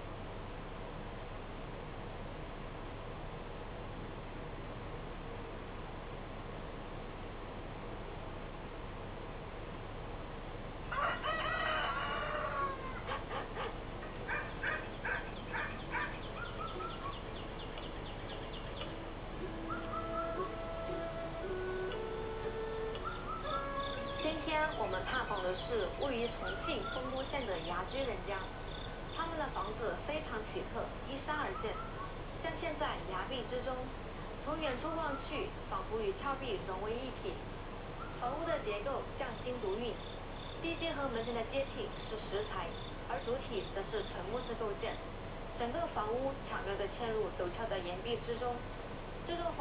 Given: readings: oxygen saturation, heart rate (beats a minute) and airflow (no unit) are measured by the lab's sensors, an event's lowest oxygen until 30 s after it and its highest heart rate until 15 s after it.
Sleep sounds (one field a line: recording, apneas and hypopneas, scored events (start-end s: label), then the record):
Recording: a person awake in a sleep study, by a voice recorder at the bedside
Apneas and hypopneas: none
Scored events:
0.00-49.61 s: awake
From the record:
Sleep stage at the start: awake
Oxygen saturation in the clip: 93 to 95%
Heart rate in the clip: 62 to 69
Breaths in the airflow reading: 16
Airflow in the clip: -6.3 to 5.4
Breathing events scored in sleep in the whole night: 476 in 9.7 hours asleep